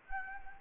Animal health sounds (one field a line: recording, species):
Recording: mosquito wingbeat signal from an infrared sensor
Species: Anopheles arabiensis